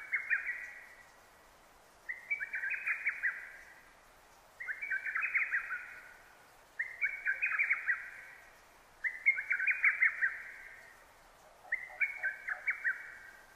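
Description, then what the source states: Lesser cuckoo song: six staccato phrases of quick notes, repeated roughly every two and a half seconds over quiet background. Recorded 6 June 2009; Japanese name hototogisu.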